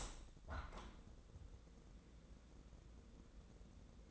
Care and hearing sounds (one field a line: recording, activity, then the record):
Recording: daily activity, microphone in the room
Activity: open window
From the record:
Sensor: 3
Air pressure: 1012.2 hPa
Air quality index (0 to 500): 133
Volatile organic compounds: 2 ppm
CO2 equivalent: 1030 ppm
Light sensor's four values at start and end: 167/405/164/151 and 171/410/167/154